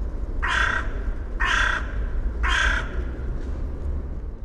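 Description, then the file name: Carrion crow giving three hoarse, rasping caws roughly one second apart, with a faint fourth caw and low rumbling background noise. "Corvus corone"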